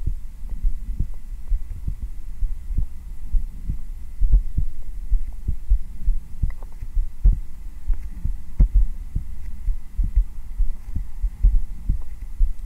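Heart sounds: a steady adult heartbeat heard close up, recorded on bare skin with a black 3Dio binaural microphone.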